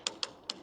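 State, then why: Torque reached. An automotive-style fuel cap is screwed onto the diesel tank of a BougeRV diesel heater until its ratchet clicks. Three short, sharp clicks are heard at 0.1, 0.2 and 0.5 seconds over a quiet background. The cap ends up nice and tight.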